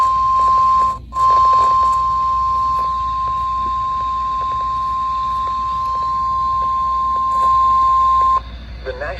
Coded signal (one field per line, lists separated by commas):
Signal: Emergency Alert System (SAME) tones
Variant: 1050 Hz attention tone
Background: speech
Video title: EAS #299 - CAE SVR on WWH25 Metter (RARE)